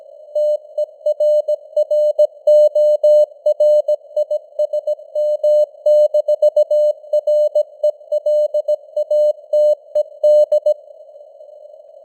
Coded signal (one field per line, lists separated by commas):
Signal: Morse code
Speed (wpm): 17 wpm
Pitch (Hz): 600 Hz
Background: none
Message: TERRORISM-RELATED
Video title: Morse Code News | 2025-11-03 | 17wpm